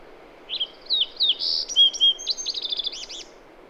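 Bird song: a high, varied phrase of slurred whistles and a buzzy note, ending in a quick rolling run of arched notes, with soft hiss behind.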